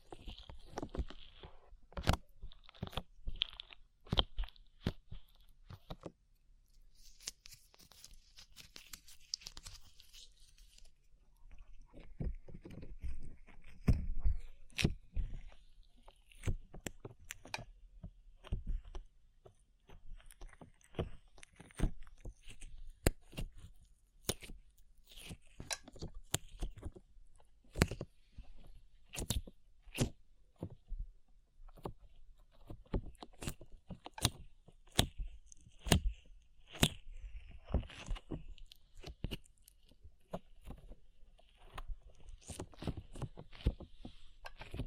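Sticky slime being squished and pulled, with dense, irregular wet pops and clicks coming every fraction of a second for the whole stretch. A softer, smeared squelching swells around ten to fifteen seconds, and a faint hiss lingers between the sharp snaps.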